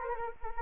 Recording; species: mosquito wingbeat signal from an infrared sensor; Anopheles arabiensis